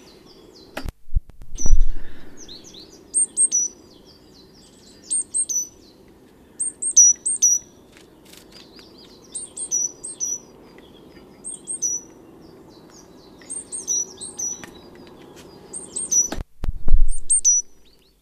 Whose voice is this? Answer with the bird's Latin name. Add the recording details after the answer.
Parus major. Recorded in the wild. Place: Pfaffenbrunnen, Rheinland-Pfalz, DE. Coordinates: 49.412, 7.756. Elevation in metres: 399. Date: 1976-03-16. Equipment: Nagra IV, Sennheiser MKH 405, Parabolreflektor. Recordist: Tretzel, Erwin